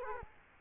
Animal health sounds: mosquito wingbeat signal from an infrared sensor; Culex quinquefasciatus

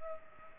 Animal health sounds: mosquito wingbeat signal from an infrared sensor; Culex pipiens

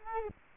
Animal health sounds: mosquito wingbeat signal from an infrared sensor; Culex quinquefasciatus

